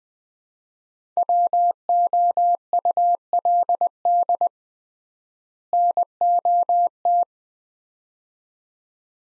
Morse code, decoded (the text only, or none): WOULD NOT